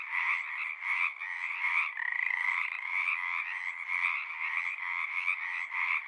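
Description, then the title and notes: Pacific tree frogs in full chorus, rhythmic raspy croaks over a continuous buzzing background. Large raucous community singing at the Frog Ponds of Magnusson Park, Seattle, Washington; recorded ORTF with a pair of Røde NT5 microphones on a Sound Devices 702. "Pacific Tree Frog. One local community here in Seattle is located in the Frog Ponds of Magnusson Park. Go there any spring or summer day near dusk or pre-dawn and you'll hear them singing their little hearts out"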